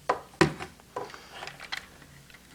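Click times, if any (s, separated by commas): 0.4 s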